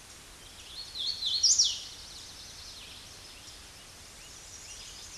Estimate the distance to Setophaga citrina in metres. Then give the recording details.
about 10 m. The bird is about level with the microphone. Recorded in a Pennsylvania forest on 16 May 2024 at 08:08. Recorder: AudioMoth, point MSD-1295. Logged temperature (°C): 13.7 °C. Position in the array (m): 183 m, 81 m